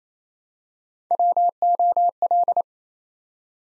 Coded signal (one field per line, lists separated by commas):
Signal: Morse code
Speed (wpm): 28 wpm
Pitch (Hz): 700 Hz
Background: none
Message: WOL